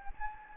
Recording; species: mosquito wingbeat signal from an infrared sensor; Anopheles gambiae